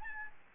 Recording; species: mosquito wingbeat signal from an infrared sensor; Aedes albopictus